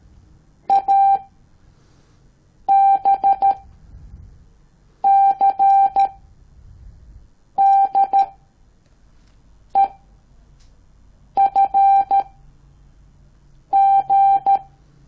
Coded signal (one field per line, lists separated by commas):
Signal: Morse code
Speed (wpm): 13 wpm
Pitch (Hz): 790 Hz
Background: none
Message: A B C D E F G